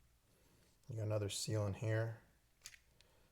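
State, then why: Seated. Someone talks while handling the hinged cover of a Marinco 30A 125V marine grade shore power inlet (303SSEL-B). The cover is moved to the up position and locks in place there with a small click at 2.7 s.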